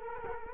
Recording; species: mosquito wingbeat signal from an infrared sensor; Culex quinquefasciatus